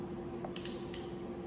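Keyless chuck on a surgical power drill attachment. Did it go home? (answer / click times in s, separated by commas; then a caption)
yes / 0.5 s, 0.6 s, 0.7 s, 0.9 s. Someone twists the metal keyless chuck of a Stryker surgical power drill attachment past the first turn until it ratchets, giving small sharp clicks at about 0.5, 0.6, 0.7 and 0.9 seconds over a steady low hum. These little ratchet clicks show the chuck is at full tightness.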